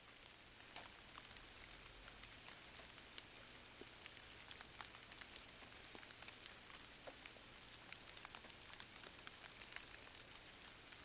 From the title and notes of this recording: A gentle soundscape of crickets stridulating late at night whilst gentle summer rain falls on the surrounding vegetation. As I sat quietly to record along an abandoned railway track in Bad Boll, Baden-Württemberg, the nearby village remains in silence. Crickets in gentle summer rain.